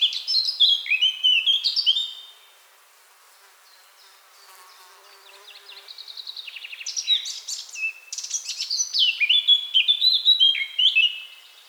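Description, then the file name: Eurasian blackcap song: a loud, fast warble, a hushed gap with faint scratchy notes, then another rich, varied phrase of chattering and fluting. "Sylvia atricapilla"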